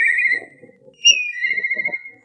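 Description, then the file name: Black kite call: a high trilling whistle, then a brief higher note sliding down into a long, steady whistle, with soft low knocking noises beneath. "tobi"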